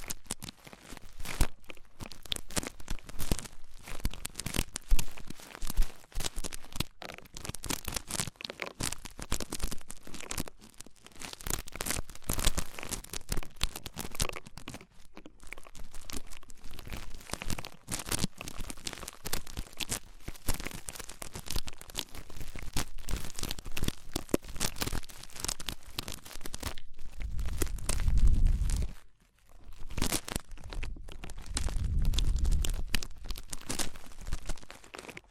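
Ear cleaning sounds: dense, scratchy crackling and rustling that runs almost without pause, in quick irregular bursts. Around 27–29 seconds and again near 31–33 seconds, deeper rumbling thumps swell under the crinkling, with a brief drop to near silence just before 30 seconds.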